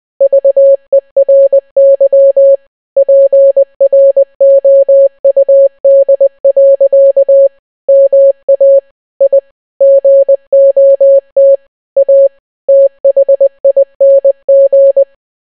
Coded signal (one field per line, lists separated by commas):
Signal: Morse code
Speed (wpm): 20 wpm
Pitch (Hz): 550 Hz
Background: none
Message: VERY PROUD. MA I GOT A THING